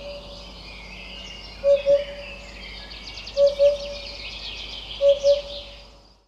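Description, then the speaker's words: Eurasian hoopoe giving soft low paired hoop notes, three doublets spaced under two seconds apart, with a busy wash of high twittering behind. Low hoop hoop hoop call, a loud oop in sets of three, after which the bird is named. "the hoopoe is named after its vocalisations. It can sound like it's making a low hoop, hoop, hoop noise."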